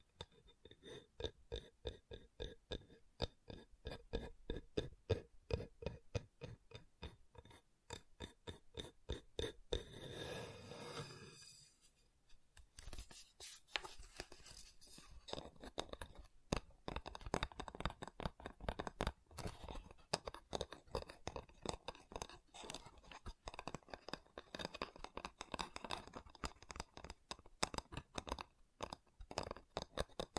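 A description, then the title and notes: Wooden trigger sounds: a fast, dense run of crisp taps and clicks on wood fills most of the half minute. Around the ten-second mark the tapping gives way to a soft, hollow rubbing for a couple of seconds, then brisk tapping resumes to the end. ASMR Calming Wood Triggers for Sleep (No Talking).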